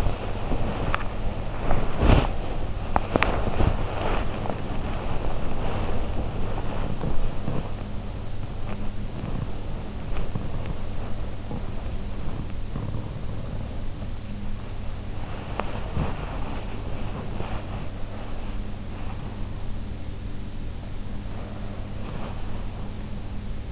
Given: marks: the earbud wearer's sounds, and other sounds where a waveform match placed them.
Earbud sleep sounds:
sounds in sleep by an in-ear microphone; body movement
0.00-23.72 s: body movement

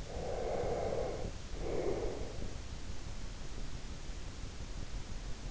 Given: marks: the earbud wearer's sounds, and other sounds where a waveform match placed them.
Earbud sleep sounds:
sounds in sleep by an in-ear microphone; breath
0.02-2.79 s: breath

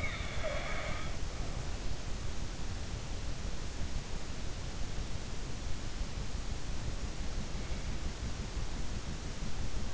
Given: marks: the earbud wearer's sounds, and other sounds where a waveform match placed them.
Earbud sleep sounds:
sounds in sleep by an in-ear microphone; snoring breath
0.00-1.38 s: snoring breath

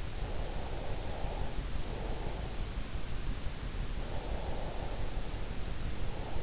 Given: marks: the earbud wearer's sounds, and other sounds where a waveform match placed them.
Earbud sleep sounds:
sounds in sleep by an in-ear microphone; breath
0.49-2.49 s: breath
3.98-6.43 s: breath

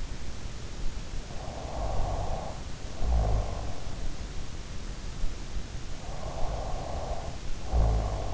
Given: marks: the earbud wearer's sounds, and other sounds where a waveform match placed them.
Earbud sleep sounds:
sounds in sleep by an in-ear microphone; snoring breath
1.40-3.82 s: snoring breath
5.59-8.34 s: snoring breath

